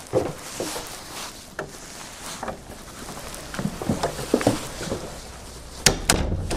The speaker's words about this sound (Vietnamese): Cần đóng cửa lại mày. Mà đóng cửa lại đi.